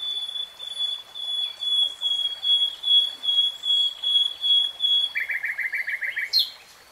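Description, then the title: Nightingale song: long steady pure whistles pulsing in volume, then a quick series of repeated chirps. Nightingale singing, recorded in real time. "[Tiếng chim hót] REALTIME Nightingale Singing"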